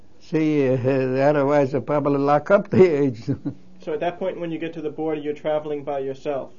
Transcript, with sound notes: See, otherwise they'd probably lock up the agent. ( he laughs )
So at that point when you get to the border you're travelling by yourself?